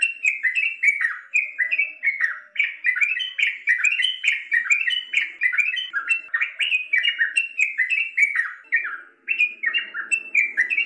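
Bird song: a fast, continuous stream of bright chirping notes, each phrase a quick jumble of sweet twitters, pausing briefly near the end before resuming.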